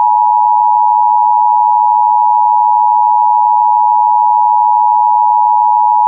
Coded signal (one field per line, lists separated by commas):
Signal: Emergency Alert System (SAME) tones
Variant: 853 and 960 Hz attention tone